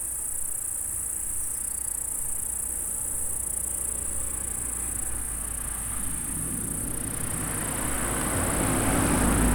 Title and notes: M3XG+CF Saint-François-de-Sales, France - insectes. Stridulations dans la prairie. Enregistreur ZoomH4